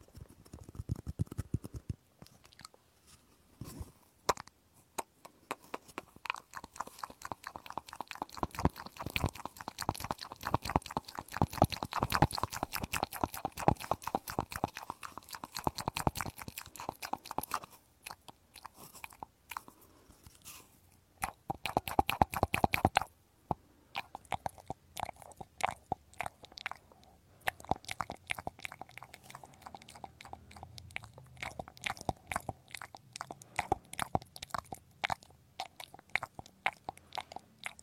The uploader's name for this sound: penetrating ear cleaning